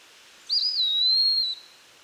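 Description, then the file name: Eastern Wood Pewee whistled call: one clear, high note that dips slightly at the start and then holds steady for about a second, over a quiet background. "Contopus virens - Eastern Wood Pewee"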